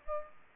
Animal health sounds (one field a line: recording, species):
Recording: mosquito wingbeat signal from an infrared sensor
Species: Aedes aegypti